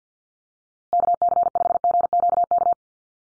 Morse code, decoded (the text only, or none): KC5GQK